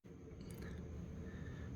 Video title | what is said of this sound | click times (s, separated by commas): Fix for Kitchenaid dishwasher filling up with water when not in use | all right so our hose is connected again we've got the electrical snapped into place | 0.5 s